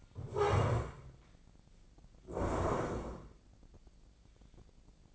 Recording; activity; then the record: daily activity, microphone in the room; stand up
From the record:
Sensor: 5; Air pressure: 1012.4 hPa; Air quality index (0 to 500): 148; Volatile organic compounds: 2 ppm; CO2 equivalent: 1014 ppm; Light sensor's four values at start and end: 272/651/278/307 and 272/650/277/307